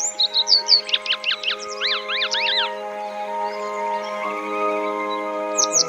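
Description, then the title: Grey wagtail calls: a busy series of sharp, high chipping notes, some falling steeply, then a pause and a last short burst. Recorded on the Boso Peninsula, Chiba Prefecture, Japan. "朝の小鳥 （房総半島（千葉県）のキセキレイ）"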